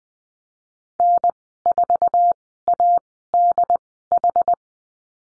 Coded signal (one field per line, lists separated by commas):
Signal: Morse code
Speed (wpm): 20 wpm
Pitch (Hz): 700 Hz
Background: none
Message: N4ADH